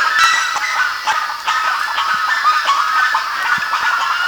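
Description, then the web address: Bird calls, a dense run of short harsh notes overlapping throughout, several birds calling at once. "BIRD 2015 SABIOD"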